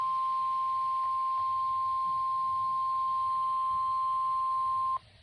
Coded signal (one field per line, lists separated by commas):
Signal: Emergency Alert System (SAME) tones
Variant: 1050 Hz attention tone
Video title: Severe T’Storm Warning (EAS #670) 4/2/25